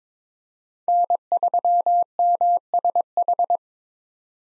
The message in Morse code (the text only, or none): N3MSH